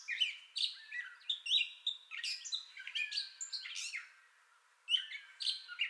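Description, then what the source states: Gray catbird song with slurred, falling whistles and squeaky notes, a brief quiet gap near the end before the jumble resumes. Entire song bout, 30 May 2021.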